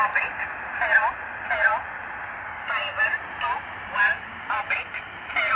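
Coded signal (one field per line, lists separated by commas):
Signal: numbers station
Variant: E11 Oblique, English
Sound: a voice reading short numbers, evenly spaced, through shortwave static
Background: radio static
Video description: 5737 kHz USB - E11 "Oblique" Numbers Station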